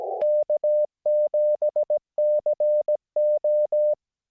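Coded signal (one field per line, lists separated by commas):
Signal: Morse code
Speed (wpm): 17 wpm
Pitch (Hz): 560 Hz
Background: music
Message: K7CO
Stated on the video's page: Remote operation of an Icom IC-7300 via RemoteTx.net, POTA.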